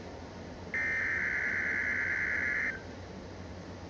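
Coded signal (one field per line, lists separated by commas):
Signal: Emergency Alert System (SAME) tones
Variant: header bursts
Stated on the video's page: Weekly test received on an Acurite 8550 handheld weather radio and a Midland WR300 desktop weather radio.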